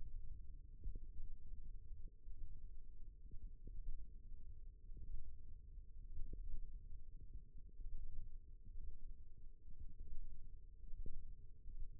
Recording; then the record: forearm muscle sounds (acoustic myography)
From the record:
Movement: thumb flexion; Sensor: system 1, eight BSWA MPA416 microphones around the upper forearm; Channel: 2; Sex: female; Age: 21 years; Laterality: right